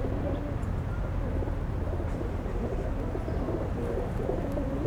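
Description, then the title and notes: Pigeons giving soft, throaty coos that rise and fall repeatedly throughout, over a steady low rumble. Pigeons feeding, Place Georges Clemenceau, Aix-les-Bains, France; recorded on a Zoom H4n Pro placed on the ground. "39 Pl. Georges Clemenceau, 73100 Aix-les-Bains, France - Repas des pigeons. Le repas des pigeons. ZoomH4npro posé au sol"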